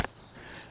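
A rifle magazine that had not seated earlier is pushed fully home into the magazine well of a Kel-Tec SUB-2000 with the bolt locked open. One sharp hit at 0.1 s marks the magazine seating, followed by a faint high-pitched background hiss. The magazine is now seated.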